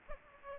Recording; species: mosquito wingbeat signal from an infrared sensor; Aedes aegypti